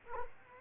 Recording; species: mosquito wingbeat signal from an infrared sensor; Culex quinquefasciatus